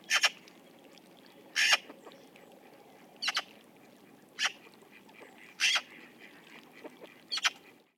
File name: Pica pica